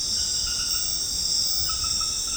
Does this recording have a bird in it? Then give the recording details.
no. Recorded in secondary vegetation near Puerto Asís, Putumayo, Colombia, on 13 March 2025 at 22:00. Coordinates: 0.485, -76.322. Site G040